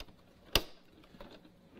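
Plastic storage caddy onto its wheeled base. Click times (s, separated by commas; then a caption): 0.6 s. A plastic craft storage caddy is lowered onto its wheeled base and pushed home at the locator holes. A sharp snap at 0.6 s marks it seating, followed by a few faint knocks. The caddy is now connected to the base.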